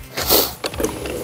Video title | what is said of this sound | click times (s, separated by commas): Lightweight Design, Heavyweight Performance: Triaxe Cruze Folding Scooter Revealed! [2025] | I'm going to pull this pin and we're going to fold this back up in here and it locks into place | 0.7 s, 0.8 s